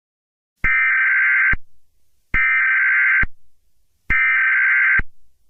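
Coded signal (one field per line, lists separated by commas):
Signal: Emergency Alert System (SAME) tones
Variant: header bursts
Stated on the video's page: Fictional EAS scenario made for a festival, not a real alert.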